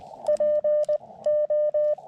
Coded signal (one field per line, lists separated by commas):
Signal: Morse code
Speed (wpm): 19 wpm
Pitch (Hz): 590 Hz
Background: none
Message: P O